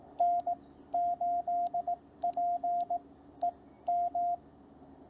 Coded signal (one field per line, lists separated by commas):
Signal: Morse code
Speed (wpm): 19 wpm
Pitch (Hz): 700 Hz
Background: radio noise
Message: N8PEM